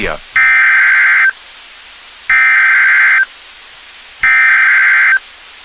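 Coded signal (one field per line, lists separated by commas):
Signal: Emergency Alert System (SAME) tones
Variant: header bursts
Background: speech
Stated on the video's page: Real tornado warning captured from the Park Rapids, Minnesota NOAA Weather Radio transmitter.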